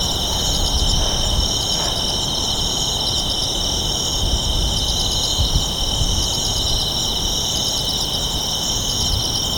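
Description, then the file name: Night insects trill without pause, with short pulsed bursts recurring at intervals above a low rumble. "Japan Kashiwa Town Night Bugs and Ambience"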